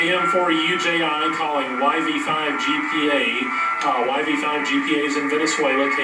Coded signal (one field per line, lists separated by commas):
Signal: FT8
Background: speech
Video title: FT8 Presentation Pt2